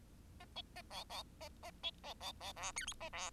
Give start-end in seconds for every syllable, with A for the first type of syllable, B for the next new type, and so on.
0.40-0.45 A, 0.56-0.61 B, 0.75-0.82 A, 0.91-1.04 C, 1.09-1.23 C, 1.40-1.49 A, 1.63-1.71 A, 1.83-1.90 B, 2.03-2.14 C, 2.20-2.32 C, 2.40-2.52 C, 2.56-2.72 D, 2.76-2.85 E, 2.87-2.93 F, 3.00-3.09 A, 3.13-3.30 D